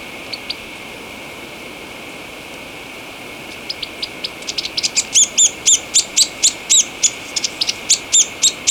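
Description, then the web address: White-throated tyrannulet calling: a few isolated high ticks, then a fast stuttering run of very high, thin looping notes repeated several times a second. Recorded in Ecuador. "Birds of Ecuador 2. White-Throated Tyrannulet"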